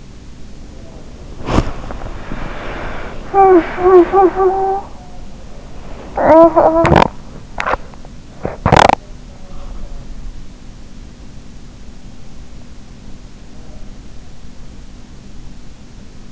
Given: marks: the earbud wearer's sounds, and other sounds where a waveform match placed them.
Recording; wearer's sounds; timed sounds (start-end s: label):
sounds in sleep by an in-ear microphone; breath, body movement, talking in sleep, swallowing, teeth grinding
1.20-2.53 s: breath
1.30-16.32 s: body movement
3.23-5.07 s: talking in sleep
5.90-7.44 s: sound from someone else or the room
6.04-7.44 s: talking in sleep
7.55-7.85 s: swallowing
8.48-9.01 s: teeth grinding
8.66-9.01 s: swallowing